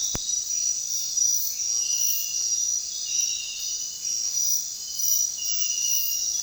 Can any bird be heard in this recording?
no